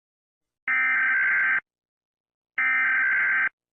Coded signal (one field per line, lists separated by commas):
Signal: Emergency Alert System (SAME) tones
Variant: header bursts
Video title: US EAS scenario- Viventes Virus (FAN MADE)